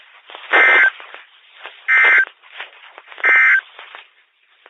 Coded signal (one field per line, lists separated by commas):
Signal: Emergency Alert System (SAME) tones